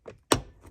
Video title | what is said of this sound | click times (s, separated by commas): Subaru WRX/STI - Installing Mirror tap for Uniden R7 | yep you hear that click so you want to do that for both | 0.3 s